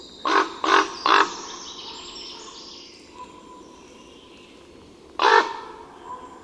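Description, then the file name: Common raven with three quick harsh croaks, a pause of several seconds, then one more. "Kruk"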